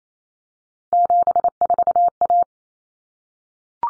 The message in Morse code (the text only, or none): 74A